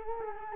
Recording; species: mosquito wingbeat signal from an infrared sensor; Culex quinquefasciatus